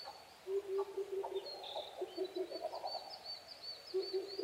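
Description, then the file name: Oriental cuckoo giving low, hollow hooting notes in quick runs of three to five, repeated several times, with higher thin songs of other birds in the background. Recorded 5 May 2011 at 04:23. "tutudori-20110505-0423"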